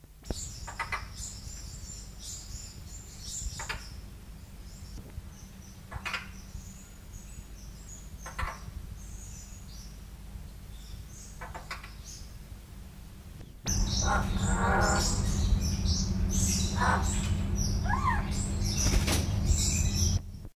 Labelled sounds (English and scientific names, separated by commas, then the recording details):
Yellow-faced Myna (Mino dumontii)
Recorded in captivity
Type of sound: instrumental sound, call
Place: Wilhelma Stuttgart, Baden-Württemberg, DE
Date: 1969-10-08
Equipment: Halbspur, 9,5 cm/s
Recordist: Lütgens, Hans
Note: Instrumentallaute, Rufe